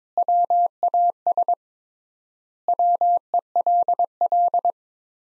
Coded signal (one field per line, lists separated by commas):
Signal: Morse code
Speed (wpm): 22 wpm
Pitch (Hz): 700 Hz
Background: none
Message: WAS WELL